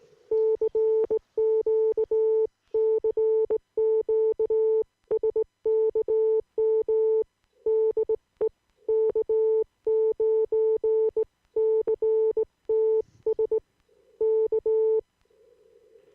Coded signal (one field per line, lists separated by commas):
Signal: Morse code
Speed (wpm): 19 wpm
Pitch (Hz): 440 Hz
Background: none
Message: CQ CQ SKM DE K9CTS K